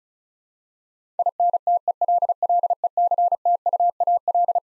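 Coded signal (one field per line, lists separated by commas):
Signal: Morse code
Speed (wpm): 36 wpm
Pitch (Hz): 700 Hz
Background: none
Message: INTELLECTUAL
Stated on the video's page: Twelve-letter word head-copy practice at 35 wpm, each word sent in Morse twice.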